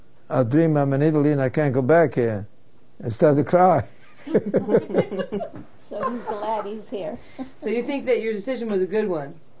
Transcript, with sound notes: I dream I'm in Italy and I can't come back here. I start to cry. ( they laugh )
So he's glad he's here.
So you think that your decision was a good one?